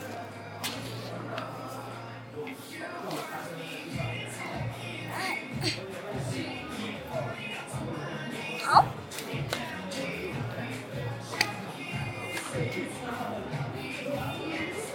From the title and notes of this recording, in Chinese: 晚上八点的Apple店｜城市声音。